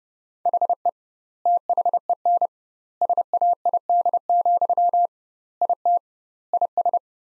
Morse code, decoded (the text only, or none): HE THEN SAID, IT IS